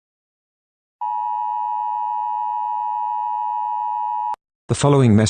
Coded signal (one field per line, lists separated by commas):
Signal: Emergency Alert System (SAME) tones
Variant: 853 and 960 Hz attention tone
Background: speech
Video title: EAS Scenario #23: British National Party Putsch.